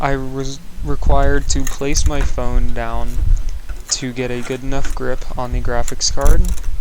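A graphics card is being handled for insertion into a motherboard's PCIe slot while someone talks throughout, with faint handling noise under the voice. Nothing has seated or clicked yet.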